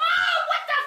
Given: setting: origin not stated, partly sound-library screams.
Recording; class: one-second piece from a danger detection set; woman in danger